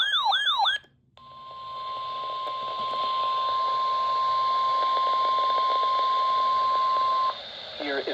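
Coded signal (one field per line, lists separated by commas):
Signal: Emergency Alert System (SAME) tones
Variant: 1050 Hz attention tone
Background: speech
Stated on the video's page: Winter storm warning received on a NOAA weather radio station.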